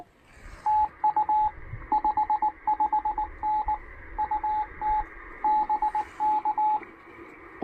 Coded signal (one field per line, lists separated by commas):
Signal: Morse code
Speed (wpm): 19 wpm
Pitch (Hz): 850 Hz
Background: radio noise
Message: TU 55N UT BK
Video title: Pairing the Penntek TR-45L and Packtenna Random Wire for a casual 17 meter QRP POTA Activation!